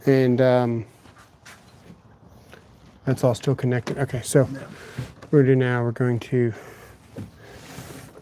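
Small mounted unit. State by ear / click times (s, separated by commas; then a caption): not seated / none. A part that sits under a crossbar is pushed into its mount while people talk, with only soft handling noise between the voices. No click is heard; nothing has clicked yet, though the part is in place and judged good enough.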